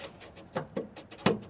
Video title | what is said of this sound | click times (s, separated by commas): 2025 DURAMAX DIESEL FUEL FILTER CHANGE, HOW TO | There, that was the click. | 1.3 s